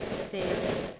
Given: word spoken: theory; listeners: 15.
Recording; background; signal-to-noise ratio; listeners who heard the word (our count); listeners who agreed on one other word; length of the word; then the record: one English word in noise, from a listening test; noise modulated by three-talker babble; -5.0 dB; 2 of 15; 6 of 15; 0.60 s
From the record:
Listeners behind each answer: 6, 4, 2, 1, 1, 1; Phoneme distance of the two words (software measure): 27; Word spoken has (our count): 2 syllables, 4 phonemes, stress on syllable 1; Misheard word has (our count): 1 syllable, 3 phonemes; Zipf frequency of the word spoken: 4.44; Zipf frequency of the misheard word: 4.48